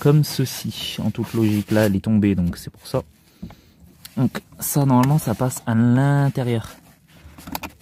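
Someone talks while refitting the front door panel of a Touran, pushing the toothed end of the door-release cable into its plastic holder on the door handle. A few soft knocks sound around 3.5 and 4.1 seconds, then a sharp click at 7.6 seconds as the cable end clips into place and seats.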